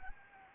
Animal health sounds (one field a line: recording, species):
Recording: mosquito wingbeat signal from an infrared sensor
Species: Anopheles arabiensis